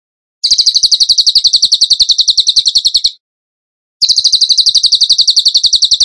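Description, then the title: Bird song: high rapid pulsed trills, one lasting about three seconds and another starting after a short silence. Masteran (training song) in tembakan gacor style. "Masteran Burung Tembakan Gacor"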